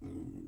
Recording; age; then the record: pig call; weaner (32 to 43 days)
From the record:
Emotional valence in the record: negative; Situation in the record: negative conditioning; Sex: female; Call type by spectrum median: low-frequency call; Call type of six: low-frequency stable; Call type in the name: low-frequency stable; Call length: 0.48 s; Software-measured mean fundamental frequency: 43 Hz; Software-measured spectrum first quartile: 143 Hz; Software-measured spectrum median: 255 Hz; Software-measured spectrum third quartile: 334 Hz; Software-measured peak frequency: 285 Hz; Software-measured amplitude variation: 169 dB a second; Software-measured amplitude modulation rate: 32.5 a second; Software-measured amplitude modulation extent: 5.2 dB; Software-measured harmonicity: 1.8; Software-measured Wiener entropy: 0.68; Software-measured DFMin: 1073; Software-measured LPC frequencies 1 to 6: 304, 2121, 2924, 3575, 5277, 6250 Hz